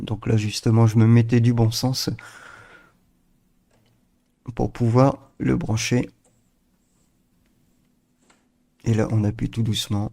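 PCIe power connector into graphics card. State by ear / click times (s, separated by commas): not seated / none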